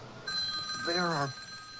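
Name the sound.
telephone ringing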